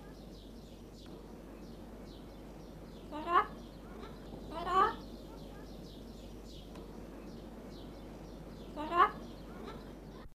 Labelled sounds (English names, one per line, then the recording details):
Red-lored Amazon call
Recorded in captivity
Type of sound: call
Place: Loro Parque Tenerife, Kanarische Inseln, Provinz Santa Cruz de Tenerife, ES
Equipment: Halbspur, 9,5 cm/s
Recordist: Lütgens, Hans
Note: Rufe